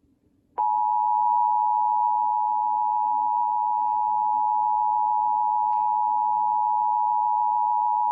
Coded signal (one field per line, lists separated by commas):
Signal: Emergency Alert System (SAME) tones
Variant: 853 and 960 Hz attention tone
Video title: High Wind Warning | EAS #45